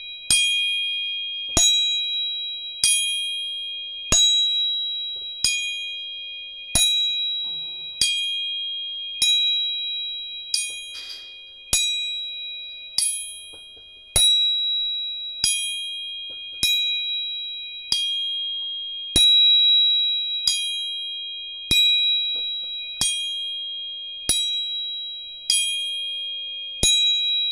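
Three tuning forks are struck again and again at a steady pace, about every second and a half. Each strike is a sharp metallic tap followed by a pure, high ringing that fades before the next. Several clear pitches overlap throughout, with a faint low hum beneath.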